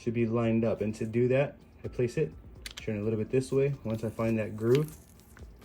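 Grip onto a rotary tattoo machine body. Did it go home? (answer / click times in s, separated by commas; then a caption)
no / none. A grip, the InkClaw Phoenix 2.0, is being lined up by its alignment dot and turned slightly to find the groove on a rotary tattoo machine body, while someone talks throughout. Only faint handling sounds are heard around 5.4 and 5.7 seconds. Nothing has seated or clicked yet.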